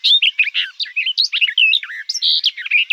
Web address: Sylvia nisoria